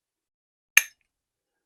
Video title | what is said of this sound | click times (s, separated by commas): Unboxing Our FOAM DADDY HD Pro Stacker Cannon and Supplies | can swivel, and then you can lock it in place. You can hear it lock in place. | 0.8 s